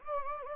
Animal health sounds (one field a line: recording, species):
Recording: mosquito wingbeat signal from an infrared sensor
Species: Anopheles gambiae